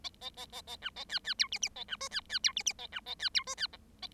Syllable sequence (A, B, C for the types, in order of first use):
A A A A A B A C C D E E A B F C C D E E A B A C D F C G A